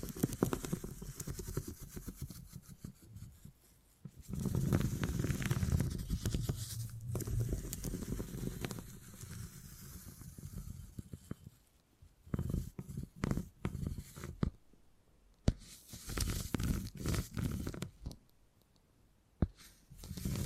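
Beeswax is squished and kneaded in dense, crackly bursts, heaviest around five to eight seconds, then sparser sticky taps and pauses follow.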